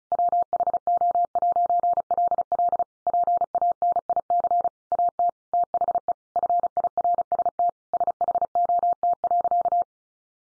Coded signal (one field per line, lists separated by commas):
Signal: Morse code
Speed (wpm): 34 wpm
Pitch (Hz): 700 Hz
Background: none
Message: WHO'LL PANIC AT THE FIRST SHOT.